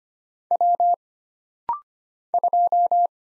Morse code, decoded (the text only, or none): W 2